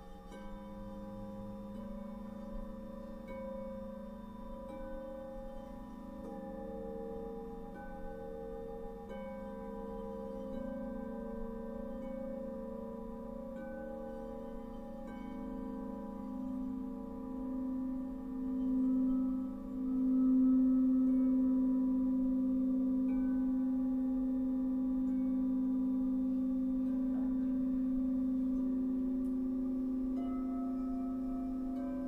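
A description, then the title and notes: A sound bath of sustained, humming tones that layer and overlap without pause. The low hum swells in the middle, with a few slow wavering pulses around twenty seconds, then holds steady and louder through the end, with fainter ringing tones above it. Sound Bath.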